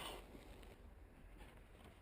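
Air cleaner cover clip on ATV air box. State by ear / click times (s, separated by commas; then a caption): not seated / none. Someone handles the air cleaner cover clip on the air box of a 1995 Yamaha Kodiak 400 ATV during an air cleaner filter replacement with an aftermarket gasket, pressing it toward place. Quiet low rumbling handling noise fills the clip, with a brief faint transient at 0.6 seconds. Nothing has seated or clicked yet.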